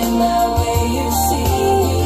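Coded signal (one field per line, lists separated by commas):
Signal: none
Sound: electronic music tones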